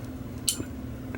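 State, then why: Seated. The magazine catch lock of a USGI 1911A1 pistol is turned clockwise with very light pressure in the steel frame. At 0.5 s it gives a sharp, bright metallic pop, and a faint tick follows near 1.1 s. The catch has clicked into place.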